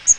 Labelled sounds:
Magnolia Warbler (Setophaga magnolia) flight call

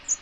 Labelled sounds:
American Redstart (Setophaga ruticilla) flight call

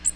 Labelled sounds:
Magnolia Warbler (Setophaga magnolia) flight call

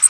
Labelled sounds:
Bay-breasted Warbler (Setophaga castanea) flight call

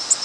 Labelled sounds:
Nashville Warbler (Leiothlypis ruficapilla) flight call

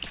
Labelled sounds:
Yellow-rumped Warbler (Setophaga coronata) flight call

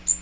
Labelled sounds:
Magnolia Warbler (Setophaga magnolia) flight call

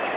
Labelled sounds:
Golden-cheeked Warbler (Setophaga chrysoparia) flight call

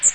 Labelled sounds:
Magnolia Warbler (Setophaga magnolia) flight call

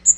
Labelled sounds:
Magnolia Warbler (Setophaga magnolia) flight call

